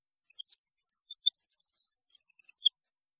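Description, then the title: European goldfinch, a short burst of twittering song opening with a loud buzzy note, then a string of quick high chirps. "Chant Chardonneret"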